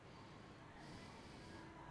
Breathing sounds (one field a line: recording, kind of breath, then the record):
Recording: one breath in and out by a microphone near the nose and mouth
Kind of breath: normal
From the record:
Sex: male